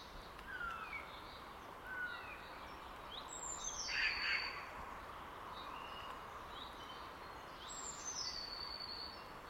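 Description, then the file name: Eurasian jay giving a single harsh, rasping screech midway, among thin descending whistles from other small birds over steady background hiss. "Garrulus glandarius"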